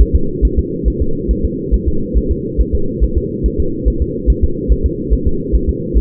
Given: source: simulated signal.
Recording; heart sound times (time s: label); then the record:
fetal heart sounds
0.01 s: S1
0.16 s: S2
0.45 s: S1
0.59 s: S2
0.88 s: S1
1.02 s: S2
1.31 s: S1
1.45 s: S2
1.74 s: S1
1.88 s: S2
2.17 s: S1
2.31 s: S2
2.61 s: S1
2.75 s: S2
3.04 s: S1
3.18 s: S2
3.46 s: S1
3.60 s: S2
3.88 s: S1
4.02 s: S2
4.30 s: S1
4.44 s: S2
4.72 s: S1
4.86 s: S2
5.13 s: S1
5.27 s: S2
5.55 s: S1
5.69 s: S2
5.97 s: S1
From the record:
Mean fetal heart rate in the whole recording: 140 bpm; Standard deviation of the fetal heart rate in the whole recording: 2 bpm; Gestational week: 34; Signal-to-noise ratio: -8.1 dB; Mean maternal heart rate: 72 bpm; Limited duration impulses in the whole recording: absent